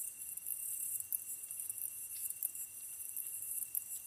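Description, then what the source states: Tree cricket song, a faint, steady, high pure trill held unbroken throughout, with soft high ticking insect noise above it. Kantan recorded together with an ezotsuyumushi katydid on 15 August 2010 at 22:39, with a DH-D50.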